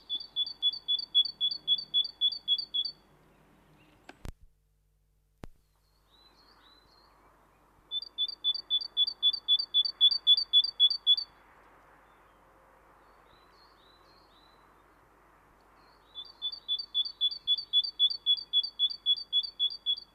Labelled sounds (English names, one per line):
Great Tit song